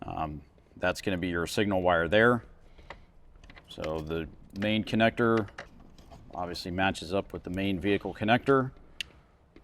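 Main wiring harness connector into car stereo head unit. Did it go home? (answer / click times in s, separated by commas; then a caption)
no / none. The main plastic wiring-harness connector is being handled for a Sony XAV-AX6000 stereo head unit in a 2007–2018 Jeep Wrangler JK plug-and-play install, while someone talks throughout. A few faint handling taps and rustles sit between the speech, with a sharper tick near 9.0 s. Nothing has seated or clicked yet: the connector is not home.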